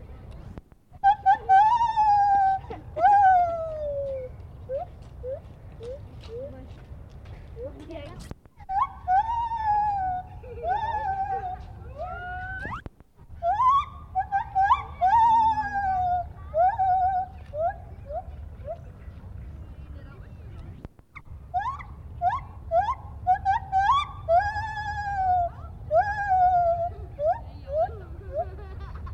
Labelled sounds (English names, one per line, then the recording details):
Lar Gibbon
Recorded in captivity
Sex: male
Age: adult
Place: Tierpark Berlin, Berlin, DE
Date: 1972-10-28
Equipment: Uher 4200 Report Stereo, Sennheiser MD 421
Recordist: Tembrock, Günter